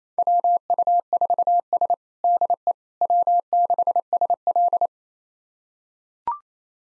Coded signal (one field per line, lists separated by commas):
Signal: Morse code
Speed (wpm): 27 wpm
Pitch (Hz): 700 Hz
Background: none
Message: WU4S DE W6SL